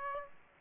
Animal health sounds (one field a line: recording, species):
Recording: mosquito wingbeat signal from an infrared sensor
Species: Aedes aegypti